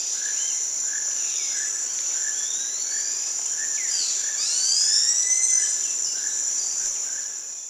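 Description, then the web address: Geoffroy's tamarin: high, arching whistles build to a dense cluster, over a continuous insect whine. Primate of the South American rainforest. "Natures Songs S America Primates of the Rainforest Geoffroy's tamarin"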